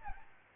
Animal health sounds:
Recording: mosquito wingbeat signal from an infrared sensor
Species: Aedes albopictus

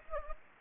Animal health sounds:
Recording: mosquito wingbeat signal from an infrared sensor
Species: Anopheles gambiae

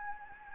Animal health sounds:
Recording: mosquito wingbeat signal from an infrared sensor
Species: Anopheles gambiae

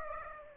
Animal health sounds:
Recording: mosquito wingbeat signal from an infrared sensor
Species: Aedes aegypti

